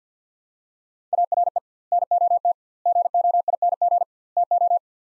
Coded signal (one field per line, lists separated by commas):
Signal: Morse code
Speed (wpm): 50 wpm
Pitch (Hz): 700 Hz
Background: none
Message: ARE NOT GOING TO